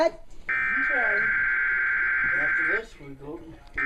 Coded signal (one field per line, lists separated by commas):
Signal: Emergency Alert System (SAME) tones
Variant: header bursts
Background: speech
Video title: (EAS#30) TV Required Weekly Test